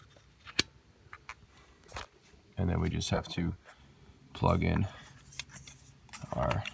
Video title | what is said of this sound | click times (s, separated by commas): Change Your Mk5 GTI Spark Plugs | Give that a little jab down and do the same thing with all 4 until they click down into place. | 0.6 s